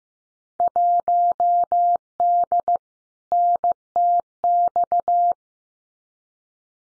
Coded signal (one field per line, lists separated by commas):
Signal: Morse code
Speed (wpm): 15 wpm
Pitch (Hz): 700 Hz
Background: none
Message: 1D NTX